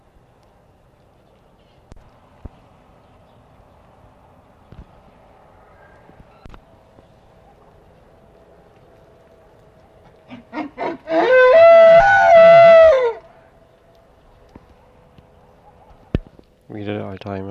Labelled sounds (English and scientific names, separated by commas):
Wapiti (Cervus canadensis) rut call